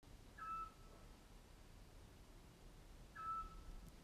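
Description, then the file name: Eurasian scops owl giving a soft, pure whistled note, repeated about three seconds later, over a steady low background hum. Recorded on 30 May 2021. "Zwergohreule 30 5 2021"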